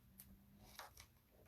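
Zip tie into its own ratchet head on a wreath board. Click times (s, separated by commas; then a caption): 0.2 s, 0.8 s, 1.0 s. A plastic zip tie is threaded through a hole in a wreath board and pulled up into its own ratchet head, giving small clicks at 0.2, 0.8 and 1.0 seconds. It is left partly loose rather than pulled all the way, so a petal can still fit inside.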